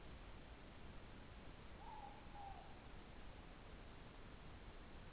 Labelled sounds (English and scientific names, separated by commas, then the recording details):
Morepork (Ninox novaeseelandiae) more-pork call
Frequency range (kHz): Morepork (Ninox novaeseelandiae) 0.7-1.0 kHz
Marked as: faintness 2/5
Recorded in New Zealand
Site Taranaki